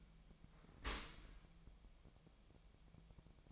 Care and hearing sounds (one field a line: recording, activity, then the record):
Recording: daily activity, microphone in the room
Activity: open dishwasher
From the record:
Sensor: 1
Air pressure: 1006.7 hPa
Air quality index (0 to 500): 208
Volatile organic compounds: 24 ppm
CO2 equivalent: 2809 ppm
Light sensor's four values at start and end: 12/32/12/14 and 12/32/12/14